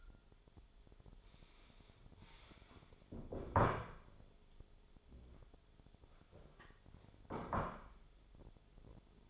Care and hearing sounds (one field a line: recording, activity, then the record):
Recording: daily activity, microphone in the room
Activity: stand up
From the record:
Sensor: 5